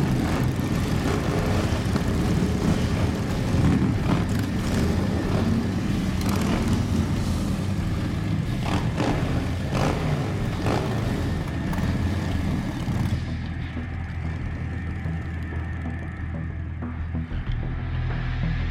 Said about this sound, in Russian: Байкеры уезжают.